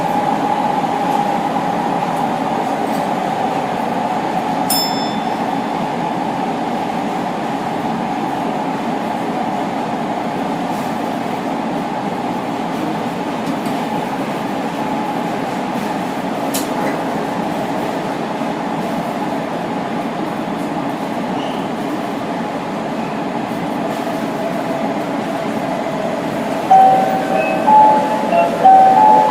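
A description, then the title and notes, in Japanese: A subway train on the Osaka Imazatosuji line runs steadily, its low rumble and a humming drone holding even throughout. A few brief clicks and squeaks break in near five and seventeen seconds, and around twenty-seven seconds short bright tones and louder bumps rise over the ride. 大阪市営地下鉄時代の今里筋線の全区間走行音。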